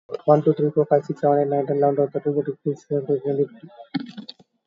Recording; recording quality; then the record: counting at a fast pace; excellent, no background noise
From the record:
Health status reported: recovered from COVID-19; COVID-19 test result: positive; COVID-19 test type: RT-PCR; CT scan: taken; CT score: 8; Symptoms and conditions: none ticked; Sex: male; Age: 38 years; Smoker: no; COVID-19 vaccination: one dose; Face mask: not worn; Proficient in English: yes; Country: India